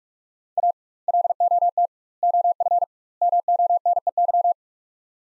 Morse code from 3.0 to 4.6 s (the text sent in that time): MONEY